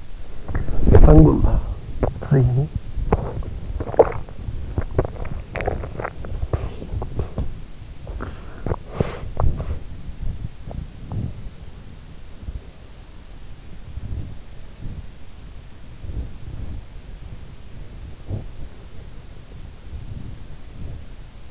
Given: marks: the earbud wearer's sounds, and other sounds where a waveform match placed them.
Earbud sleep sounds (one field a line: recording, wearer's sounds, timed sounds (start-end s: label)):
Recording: sounds in sleep by an in-ear microphone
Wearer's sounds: body movement, teeth grinding, swallowing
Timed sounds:
0.00-21.50 s: body movement
2.94-3.52 s: teeth grinding
3.88-6.78 s: swallowing
7.05-11.24 s: teeth grinding